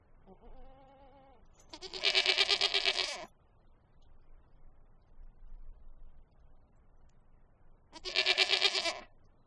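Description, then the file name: Goat bleating: a soft, wavering bleat, then a loud, harsh, quavering bleat lasting over a second, and after a pause another loud rough bleat. "Goat Bleating"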